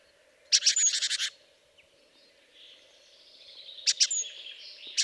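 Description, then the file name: Great tit call: one harsh rattling burst of quick buzzy notes, then a soft hiss and a few short sharp notes near the end, over a faint hum. "Parus major"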